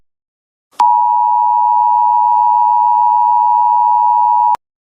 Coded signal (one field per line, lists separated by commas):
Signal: Emergency Alert System (SAME) tones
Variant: 853 and 960 Hz attention tone